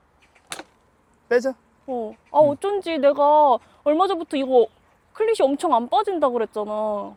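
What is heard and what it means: A cycling shoe cleat whose screw fell out is clipped into a clipless bicycle pedal and pulled out again as a test, with a sharp click at 0.5 s as the cleat seats in the pedal. Afterward, someone talks.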